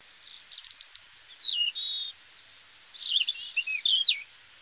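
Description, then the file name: European robin song: a quick run of high, thin, tumbling notes, then a short level whistle, a string of very high sliding notes and a final twittering phrase. "Erithacus rubecula"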